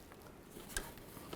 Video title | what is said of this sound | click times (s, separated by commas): How to Replace A/C Condenser 1998-2010 Volkswagen Beetle | you can tell when it clicks in then it's secure | 0.8 s